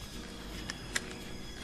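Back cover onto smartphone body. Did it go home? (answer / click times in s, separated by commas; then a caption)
yes / 0.7 s, 1.0 s. The plastic back cover of a Samsung Galaxy S5, which has a rubber water seal, is pressed back onto the smartphone body. Two short, sharp clicks are heard at 0.7 s and 0.96 s over a low steady background. The cover snaps shut and is seated.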